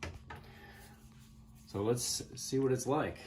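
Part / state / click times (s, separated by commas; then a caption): plastic air concentrator attachment onto the hair dryer nozzle / seated / 0.0 s, 0.3 s. A plastic air concentrator nozzle is put on the front of a Slopehill Professional Ionic 1800W hair dryer and twisted until it locks into place. Two short, sharp plastic clicks are heard at 0.0 and 0.3 seconds, and afterward someone talks. The attachment is seated and locked on.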